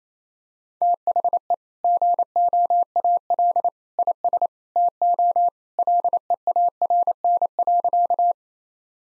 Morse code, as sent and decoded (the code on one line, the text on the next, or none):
- .... . / --. --- .- .-.. / .. ... / - --- / .-.. . .- .-. -. .-.-.-
THE GOAL IS TO LEARN.